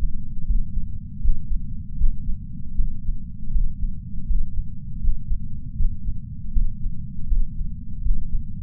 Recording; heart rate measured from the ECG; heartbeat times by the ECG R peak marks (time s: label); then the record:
heart sounds by patch sensor on the chest; 79 bpm
0.46 s: heartbeat
1.21 s: heartbeat
1.97 s: heartbeat
2.75 s: heartbeat
3.51 s: heartbeat
4.27 s: heartbeat
5.01 s: heartbeat
5.77 s: heartbeat
6.53 s: heartbeat
7.28 s: heartbeat
8.02 s: heartbeat
From the record:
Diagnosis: coronary artery disease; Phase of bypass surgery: intraoperative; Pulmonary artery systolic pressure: 21 mmHg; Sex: male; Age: 60 years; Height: 180 cm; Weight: 100 kg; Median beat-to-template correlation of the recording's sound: 0.80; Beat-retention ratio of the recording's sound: 1.00